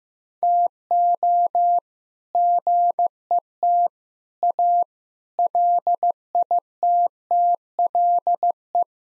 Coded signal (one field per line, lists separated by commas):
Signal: Morse code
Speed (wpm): 15 wpm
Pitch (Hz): 700 Hz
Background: none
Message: TO GET A LITTLE